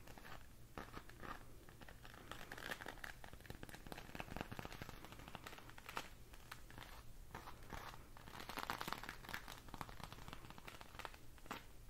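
Layered rustling and crinkling from hand movements, with dense irregular crackles and sharp taps throughout over a steady low hum.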